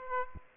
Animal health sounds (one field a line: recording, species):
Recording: mosquito wingbeat signal from an infrared sensor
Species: Aedes aegypti